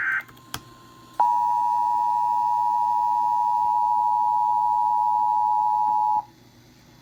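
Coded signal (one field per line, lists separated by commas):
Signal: Emergency Alert System (SAME) tones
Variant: 853 and 960 Hz attention tone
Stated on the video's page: National Weather Service flash flood warning for Lake Charles.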